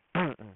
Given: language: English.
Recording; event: throat vibration sensor signal played as sound; throat clearing